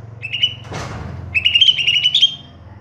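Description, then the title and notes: Greater green leafbird song: short high whistled notes, a brief thud, then a rapid warbling run of chirpy, slightly buzzy notes lasting about a second. Intended as tutor song for training caged birds. "Suara Burung Cucak Ijo. mantap buat masteran burung cak ijo"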